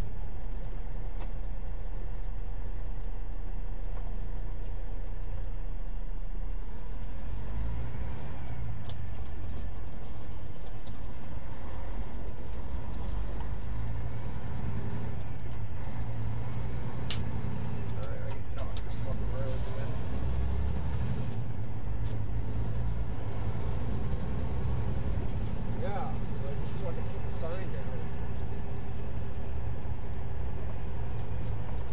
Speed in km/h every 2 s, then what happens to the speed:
21, 13, 6, 10, 10, 8, 10, 13, 19, 27, 34, 42, 45, 45, 47, 45.
0-4 brakes to 6. 4-11 steady at about 8. 11-27 speeds up to 47.